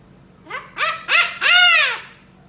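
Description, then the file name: Parrot making four harsh squawks in quick succession, the last one the longest and drawn out. "suara burung kakak tua merah"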